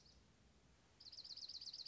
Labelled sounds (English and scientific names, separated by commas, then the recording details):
Dark-eyed Junco (Junco hyemalis)
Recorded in Sonoma County, California